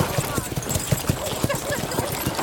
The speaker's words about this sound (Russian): Дмитрий на лошади скачет в Головинскую деревню.